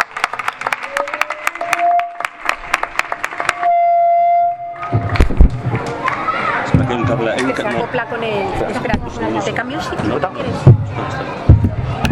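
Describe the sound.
An audience claps in a dense, continuous patter while people chatter over it, applauding to welcome a speaker. Partway through, a steady, ringing microphone feedback tone cuts in for about a second before the applause and voices swell again.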